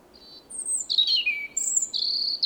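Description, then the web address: European robin song: thin high whistles and squeaky warbled notes, some sliding downward, delivered in a quick varied phrase with no other sounds. "SETE Erithacus rubecula"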